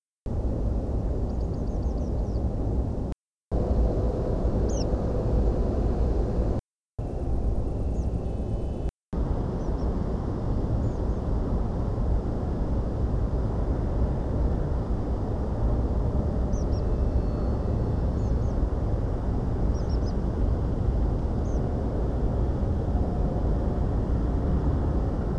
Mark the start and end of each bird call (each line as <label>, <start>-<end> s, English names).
Tree Pipit, 1.28-2.38 s
Tree Pipit, 4.68-4.84 s
European Pied Flycatcher, 7.94-8.04 s
Tree Pipit, 9.59-9.85 s
Tree Pipit, 10.82-11.19 s
Tree Pipit, 16.52-16.81 s
Tree Pipit, 18.17-18.53 s
Tree Pipit, 19.74-20.12 s
Tree Pipit, 21.44-21.59 s